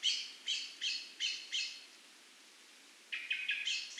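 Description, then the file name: Eurasian blackbird calls with five evenly spaced harsh chacks, silence for over a second, then a rapid rattle of notes. "Turdus merula"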